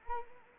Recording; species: mosquito wingbeat signal from an infrared sensor; Anopheles arabiensis